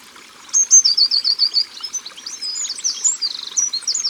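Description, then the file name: Short-toed treecreeper song: a quick series of high, thin notes slipping down in pitch, followed by further jumbled high twitters, over a soft wash of background noise. Singing beside water. "Grimpereau des jardins Au bord de leau"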